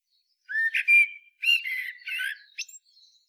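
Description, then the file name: Eurasian blackbird song with several slurred, flute-like whistles run together, ending in a brief squeaky note. "Turdus merula"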